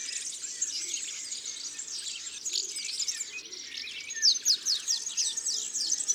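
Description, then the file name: European serin giving a high, thin, scratchy jingling song that grows louder toward the end, with faint background bird chatter. "Serin cini ABC des chants doiseaux"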